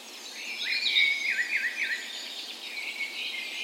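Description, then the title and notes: Birds in a dawn chorus, overlapping high twittering and warbled phrases with several singers at once over a steady background hiss. Spring dawn chorus recorded in a park west in Bergen, Norway, on the morning of 17 May, Norway's National Day; Sony PCM A10 recorder with LOM Usi microphones. "17th Of May Dawn Chorus. Recorded on the morning of Norways National Day the 17th of May in a park west in Bergen. Spring is in full effect, and the dawn chorus sounds wonderful!"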